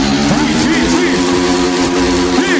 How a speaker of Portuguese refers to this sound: Tá com problema a moto aqui. Por quê? Ela tá dando uma parada, sente só. Morreu a moto. Peraí, bate aí. Puxa. Bate. Isso. Vai pegar.